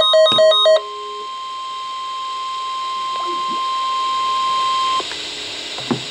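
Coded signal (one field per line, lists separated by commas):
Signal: Emergency Alert System (SAME) tones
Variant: 1050 Hz attention tone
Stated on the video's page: NOAA Weather Radio severe thunderstorm warning.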